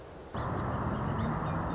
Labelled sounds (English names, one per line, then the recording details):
Song Sparrow
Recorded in Sonoma County, California